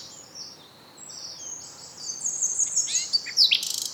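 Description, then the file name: Common nightingale song: long high whistled notes at first, building into louder, fast repeated sharp notes toward the end. "Luscinia megarhynchos"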